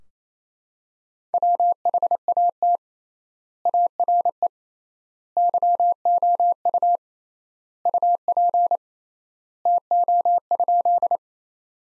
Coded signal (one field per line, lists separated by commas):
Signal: Morse code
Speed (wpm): 28 wpm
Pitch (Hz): 700 Hz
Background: none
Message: WHAT ARE YOU UP TO?